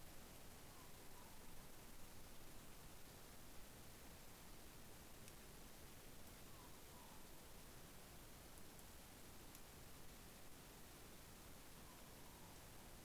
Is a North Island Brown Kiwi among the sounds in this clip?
no